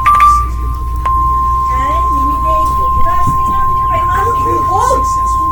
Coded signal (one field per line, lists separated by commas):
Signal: Emergency Alert System (SAME) tones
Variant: 1050 Hz attention tone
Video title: EAS 36 Severe Thunderstorm Warning for Williamson (TX)